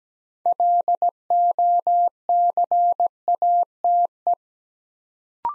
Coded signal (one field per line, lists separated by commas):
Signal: Morse code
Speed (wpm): 17 wpm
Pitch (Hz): 700 Hz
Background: none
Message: LOCATE